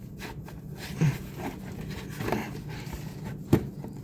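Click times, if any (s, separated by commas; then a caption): 3.5 s. A small plastic tube is pushed down onto its fitting on the air intake housing of a Buick Enclave during an air filter replacement. After quiet handling noises and soft rustling, a sharp snap at 3.5 seconds marks the tube clicking into place, and it is seated.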